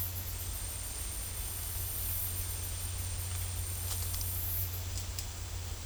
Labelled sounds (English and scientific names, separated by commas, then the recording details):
none
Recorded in dense forest near Puerto Asís, Putumayo, Colombia, on 15 December 2024 at 14:00
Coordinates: 0.503, -76.323
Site G043